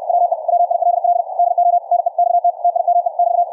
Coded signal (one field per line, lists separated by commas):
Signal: Morse code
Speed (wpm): 64 wpm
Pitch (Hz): 700 Hz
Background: none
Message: WE WILL DO NEXT TIME <BT>